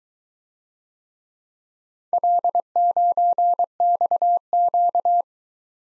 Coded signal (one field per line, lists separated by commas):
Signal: Morse code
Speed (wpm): 23 wpm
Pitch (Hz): 700 Hz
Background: none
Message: L9XQ